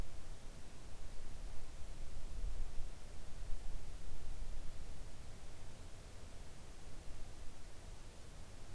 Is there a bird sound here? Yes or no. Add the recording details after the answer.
no. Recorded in the Arctic National Wildlife Refuge, Alaska, on 3 August 2019 at 05:41. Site 41